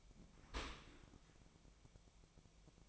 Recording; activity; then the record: daily activity, microphone in the room; open dishwasher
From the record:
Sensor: 1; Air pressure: 1003.1 hPa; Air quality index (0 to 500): 196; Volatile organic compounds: 6 ppm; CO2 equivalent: 1871 ppm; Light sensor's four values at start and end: 20/50/21/25 and 20/49/21/25